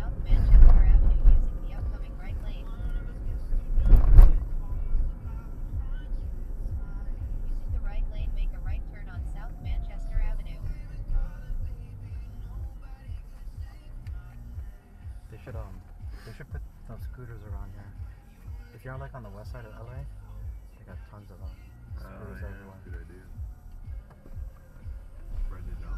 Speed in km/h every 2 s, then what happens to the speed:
47, 40, 37, 34, 29, 21, 11, 0, 0, 0, 0, 0, 0.
0-14 slows to 0. 14-24 standing.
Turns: none.